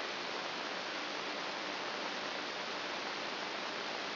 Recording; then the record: brain microelectrode recording played as sound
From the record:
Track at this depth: outside the subthalamic nucleus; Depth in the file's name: 0.842 mm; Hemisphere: left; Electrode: 2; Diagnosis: Parkinson's disease